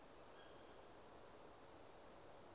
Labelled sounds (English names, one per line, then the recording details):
Tawny Owl
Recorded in Germany
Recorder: ecoPi